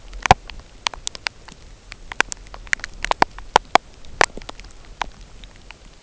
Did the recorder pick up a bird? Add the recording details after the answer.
no. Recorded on Arctic tundra, site UTQI-0, on 13 June 2019. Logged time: 10:00